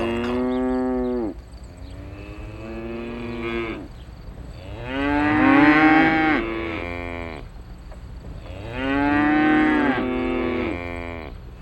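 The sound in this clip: Cows lowing repeatedly: long harmonic moos rising and falling in pitch, some louder than others.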